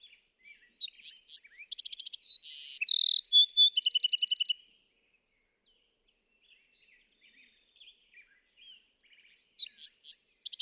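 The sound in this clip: Bewick's wren song: sharp introductory notes, a harsh buzz, then a long rapid trill; a new phrase begins near the end after a quiet gap.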